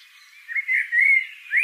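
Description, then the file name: Eurasian blackbird giving a few clear, slurred whistled notes around a mid-high pitch, gently rising and falling, with faint higher twitters in the background. "Turdus merula"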